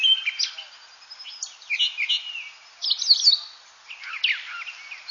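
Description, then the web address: Thrasher song: a run of varied, scratchy and whistled phrases, some sliding up or down, delivered in quick bursts with brief pauses between them. "birdwatchernj birdsongs thrasher"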